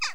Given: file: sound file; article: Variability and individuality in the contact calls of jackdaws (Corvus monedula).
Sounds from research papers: jackdaw call; harmonic

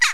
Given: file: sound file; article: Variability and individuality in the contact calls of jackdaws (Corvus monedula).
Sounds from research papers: jackdaw call; harmonic

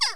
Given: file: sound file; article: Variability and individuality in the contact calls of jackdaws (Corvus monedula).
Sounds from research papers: jackdaw call; harmonic

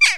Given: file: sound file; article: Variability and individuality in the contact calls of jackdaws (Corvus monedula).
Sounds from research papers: jackdaw call; harmonic

